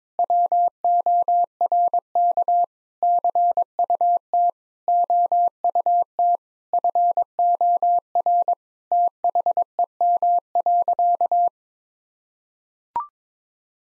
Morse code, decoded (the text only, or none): WORK CUT OUT FOR THEM.